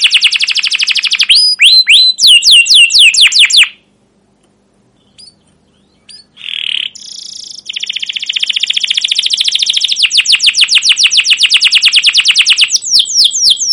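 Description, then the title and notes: Atlantic canary song, fast chirping trills, a pause with a few short notes, then a long steady rolling trill. Canary song used as a lure and master recording for teaching young canaries; described as long, emotional chirping 'cuit cuit' and 'ngerol' rolling song. "CUIT CUIT NGEROL LANGSUNG GACOR PANJANG Kenari Utk Pancingan KENAR. PANCINGAN Kenari GACOR PANJANG Cuit CUIT EMOSI utk MASTERAN Kenari PAUD belajar BUNYI. burung kenari"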